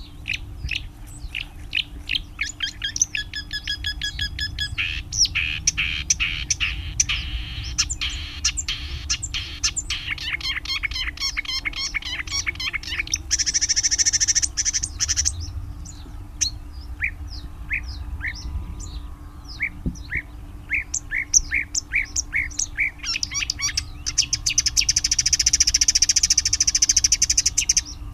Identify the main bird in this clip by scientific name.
Acrocephalus palustris